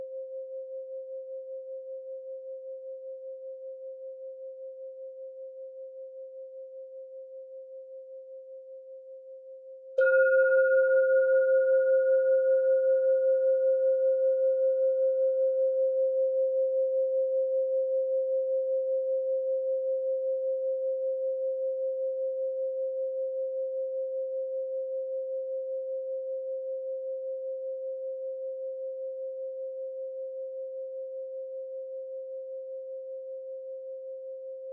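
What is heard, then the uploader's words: A Tibetan sound bowl hums a single steady mid-pitched tone that slowly fades over the first ten seconds. Around ten seconds the bowl is struck again, adding a brief higher overtone that dies away within a few seconds, while the main tone rings on and gradually softens. Tibetan sound bowl meditation.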